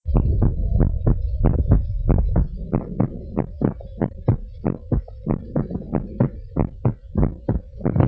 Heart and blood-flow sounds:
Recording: heart sounds of a pregnant woman by stethoscope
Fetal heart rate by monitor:
no fetal heartbeat
From the record:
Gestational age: 40 weeks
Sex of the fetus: girl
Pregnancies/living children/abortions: 1/0/0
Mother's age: 28 years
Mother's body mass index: 30.5

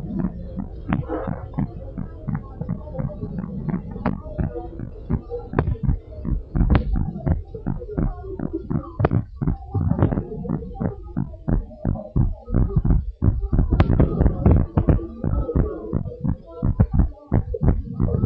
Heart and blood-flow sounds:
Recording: heart sounds of a pregnant woman by stethoscope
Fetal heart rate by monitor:
no fetal heartbeat
From the record:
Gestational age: 35 weeks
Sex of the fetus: boy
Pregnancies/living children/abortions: 2/1/0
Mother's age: 30 years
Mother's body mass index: 27.7

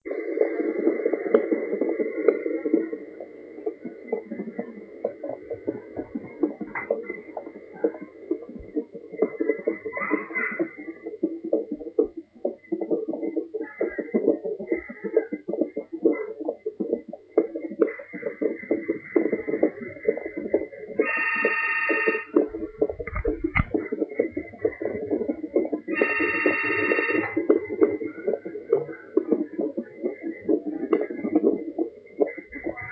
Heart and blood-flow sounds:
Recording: fetal heart sounds by stethoscope on the mother's abdomen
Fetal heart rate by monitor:
0.00-10.00 s: 129 bpm
10.00-20.00 s: 132 bpm
20.00-30.00 s: 136 bpm
From the record:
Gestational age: 38 weeks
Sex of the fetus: girl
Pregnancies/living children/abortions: 1/0/0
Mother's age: 33 years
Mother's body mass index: 25.8

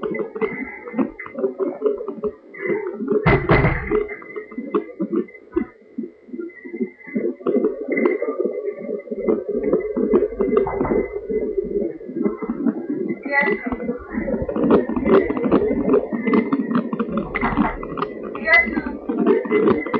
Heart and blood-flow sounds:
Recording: fetal heart sounds by stethoscope on the mother's abdomen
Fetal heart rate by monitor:
0.00-10.00 s: 149 bpm
10.00-20.00 s: 150 bpm
From the record:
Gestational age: 38 weeks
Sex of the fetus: boy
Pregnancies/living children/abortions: 2/1/0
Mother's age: 35 years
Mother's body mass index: 33.8

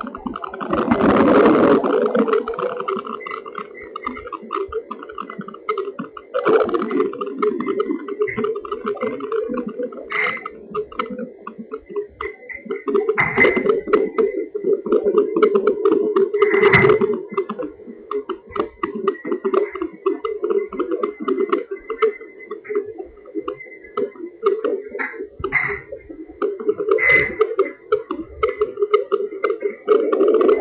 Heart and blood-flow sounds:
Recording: fetal heart sounds by stethoscope on the mother's abdomen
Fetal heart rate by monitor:
0.00-10.00 s: 131 bpm
10.00-20.00 s: 129 bpm
20.00-30.00 s: 126 bpm
From the record:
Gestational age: 39 weeks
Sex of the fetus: girl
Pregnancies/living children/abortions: 1/0/0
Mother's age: 23 years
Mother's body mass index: 24.9

